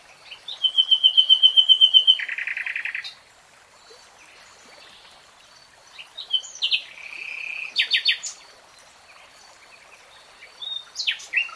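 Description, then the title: Nightingale song: a high thin trill gives way to a loud rapid rattle, then after a pause come varied churring phrases and sharp whistled notes. Singing, recorded in real time. "[Tiếng chim hót] Nightingale Singing"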